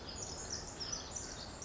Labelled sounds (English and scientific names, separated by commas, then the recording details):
Pacific Wren (Troglodytes pacificus)
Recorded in Sonoma County, California